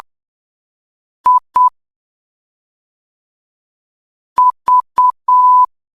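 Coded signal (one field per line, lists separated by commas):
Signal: Morse code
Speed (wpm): 8 wpm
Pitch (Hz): 1000 Hz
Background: none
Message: I V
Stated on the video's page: Beginner Morse code training drill, level 2.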